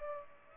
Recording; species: mosquito wingbeat signal from an infrared sensor; Culex pipiens